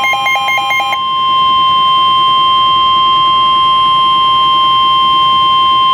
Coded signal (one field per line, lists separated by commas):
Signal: Emergency Alert System (SAME) tones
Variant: 1050 Hz attention tone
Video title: EAS Alert #32